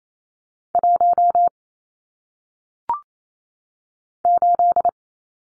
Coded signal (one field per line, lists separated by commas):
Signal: Morse code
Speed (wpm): 28 wpm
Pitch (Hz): 700 Hz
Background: none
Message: 1 8